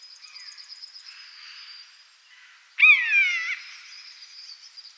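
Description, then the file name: Common buzzard giving a single loud, harmonic, downslurred mewing call midway through, over a faint continuous high-pitched whine and soft background chirping. "myszolow"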